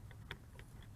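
A plastic quick-release propeller is pressed onto the top motor of a drone and twisted until it locks. Small clicks are heard over a low hum, with the clearest click at 0.3 s, and the propeller seats in place.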